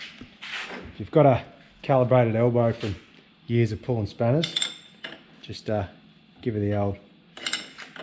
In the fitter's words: and then when you hear they'll click in the hole by there it is click click she's good right I